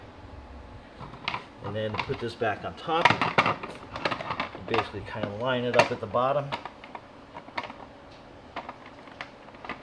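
The plastic top water tank of a Hoover PowerDash Pet compact carpet cleaner is set back on top of the cleaner body and lined up at the bottom while someone talks. Short, sharp plastic knocks and taps from the handling are heard. The tank has not snapped into place yet, and nothing has seated or clicked home.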